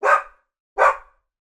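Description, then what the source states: Labradoodle dog giving two short, harsh barks about three-quarters of a second apart, then silence. Labradoodle breed; barks twice.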